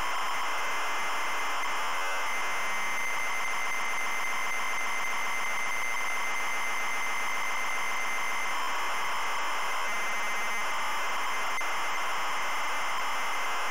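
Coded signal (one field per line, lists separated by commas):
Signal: ZX Spectrum tape loading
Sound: continuous harsh, buzzing data screech with a faint steady high whine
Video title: ZX SPECTRUM Loading Pipe Mania 1990 Empire Software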